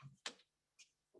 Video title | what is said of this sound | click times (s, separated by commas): Tech Talk: The New DJI Agras T20 | battery goes in one way as well just goes in clicks in place that's it you're good to go | 0.3 s